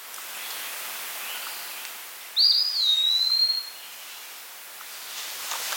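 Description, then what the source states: Eastern Wood-Pewee song: one clear, slurred whistle, rising then dropping and trailing off level, about a second long, over a soft steady background hiss. Recorded at Carden Alvar in August 2026.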